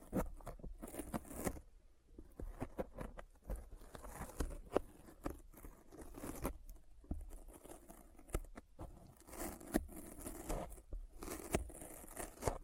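Sticky finger sounds: a rapid, uneven patter of small tacky clicks and peeling snaps, dense throughout the 13 seconds with brief quieter gaps near 2 and 8 seconds. Sharp bright pops stand out over a soft, low rumble underneath.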